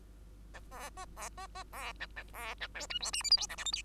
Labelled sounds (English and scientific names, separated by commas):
Bengalese Finch (Lonchura striata domestica) song